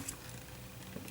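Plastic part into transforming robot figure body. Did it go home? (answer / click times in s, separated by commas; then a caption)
yes / 0.1 s. A plastic part of an MB-11 DOTM Optimus Prime transforming robot figure is pressed into its slot in the figure's body, giving a faint click at 0.1 s over a steady low hum. A second small tick follows near 1.1 s. The part snaps fully into place and fits perfectly.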